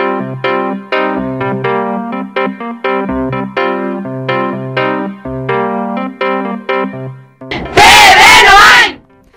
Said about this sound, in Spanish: Este es el grito de guerra de las jugadoras del Club Baloncesto Noain, que durante esta Semana Santa ha participado en un 10º Memorial David Booth.